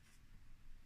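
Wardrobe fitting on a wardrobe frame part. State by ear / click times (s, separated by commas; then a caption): not seated / none. A fitting for an IKEA PAX wardrobe frame is handled and pressed against another frame part during assembly. Only quiet low-pitched rubbing and handling noise is heard, with no distinct snap. Nothing has clicked or seated yet.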